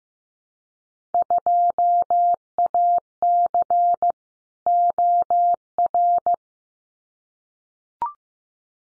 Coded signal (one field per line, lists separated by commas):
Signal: Morse code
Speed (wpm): 15 wpm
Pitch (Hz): 700 Hz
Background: none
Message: 2AC OR